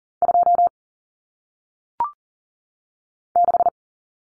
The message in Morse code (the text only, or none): 2 6